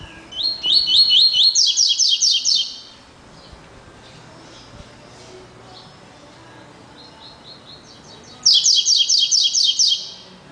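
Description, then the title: Double-collared seedeater singing two phrases, each a quick string of sharp, high, buzzy notes accelerating into a dense trill, separated by several seconds of quiet. "Canto Coleiro"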